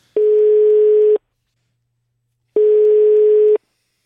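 A telephone ringback tone on an outgoing call to a school sports centre: two steady, mid-pitched electronic tones, each about a second long, separated by a longer silence. No voices are heard.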